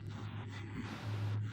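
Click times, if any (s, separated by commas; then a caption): none. A driver bit from a 40-piece bit set is slid into a 3/8 socket adapter and lined up before being pressed home, heard as faint handling over a steady low hum and soft broadband hiss. Nothing has seated or clicked yet.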